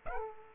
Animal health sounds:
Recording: mosquito wingbeat signal from an infrared sensor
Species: Aedes aegypti

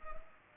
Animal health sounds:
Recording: mosquito wingbeat signal from an infrared sensor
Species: Culex pipiens

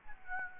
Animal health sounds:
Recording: mosquito wingbeat signal from an infrared sensor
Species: Aedes aegypti

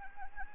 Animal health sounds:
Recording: mosquito wingbeat signal from an infrared sensor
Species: Anopheles arabiensis

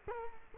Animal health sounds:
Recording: mosquito wingbeat signal from an infrared sensor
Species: Culex quinquefasciatus

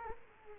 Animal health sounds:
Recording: mosquito wingbeat signal from an infrared sensor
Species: Culex quinquefasciatus

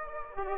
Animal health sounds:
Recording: mosquito wingbeat signal from an infrared sensor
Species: Aedes aegypti

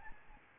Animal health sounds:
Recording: mosquito wingbeat signal from an infrared sensor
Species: Aedes albopictus

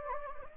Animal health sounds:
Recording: mosquito wingbeat signal from an infrared sensor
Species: Anopheles gambiae

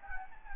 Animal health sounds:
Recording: mosquito wingbeat signal from an infrared sensor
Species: Anopheles gambiae

